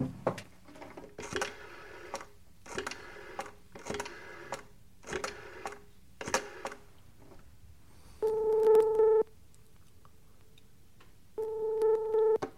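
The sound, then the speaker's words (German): A telephone number is dialed in a series of six rattling bursts, then the line rings twice with long, steady, buzzing ring tones separated by a pause. “Kann ich mal telefonieren?”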